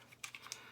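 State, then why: Seated. A plastic guide comb with two side latches and a rear notch is clipped onto the head of a QuickCut hair clipper for men. It gives sharp snaps at 0.2 and 0.5 seconds, with softer clicks around 0.3 and 0.5 seconds, most likely from the latches catching. The comb is snapped on and seated.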